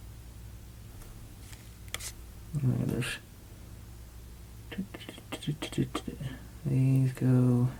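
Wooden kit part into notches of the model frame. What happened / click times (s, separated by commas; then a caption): A small wooden part snapped into its notches / 1.9 s. Small laser-cut wooden parts of a ROKR mechanical gears locomotive kit are pressed over and under the notches of the model frame. A sharp click at 1.9 s marks a part snapping into the notches and locking into place, and it is seated. Someone talks throughout, with a few soft handling taps afterward.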